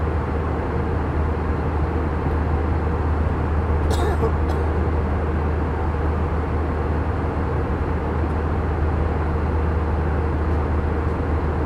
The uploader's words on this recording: Full Flight From Ft.Lauderdale To San Juan, Puerto Rico. Plane Sounds, Flight Sounds. Engine Sounds, Mechanical Sounds.